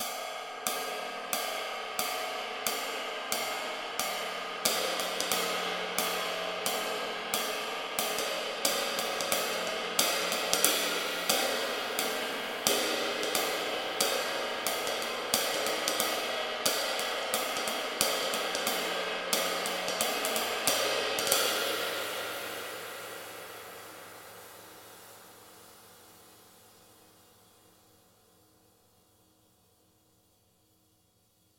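Cymbals are struck repeatedly in a fast, fairly regular pattern for about twenty seconds, building a dense, bright shimmering wash. The hits then stop, and the sustained ring slowly fades away over the last ten seconds, its bright upper sheen dying out first.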